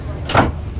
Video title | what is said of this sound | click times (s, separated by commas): A $300k Adventure Van!? The Ultimate Storyteller Beast | locks in place this is pretty cool | 0.3 s